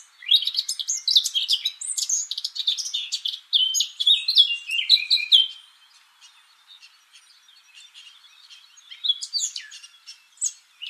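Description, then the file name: Eurasian blackcap song: a long, fast warbling phrase of bright whistled and scratchy notes for about six seconds, followed by quiet and a brief second burst. "Sylvia atricapilla"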